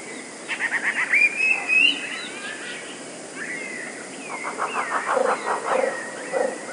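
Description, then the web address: Eurasian blue tit song: a fast string of high notes ending in a brief whistle, then a second, longer run of rapid repeated notes. "wroblowe teka 2 spiew. modraszkoteka"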